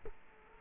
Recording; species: mosquito wingbeat signal from an infrared sensor; Culex quinquefasciatus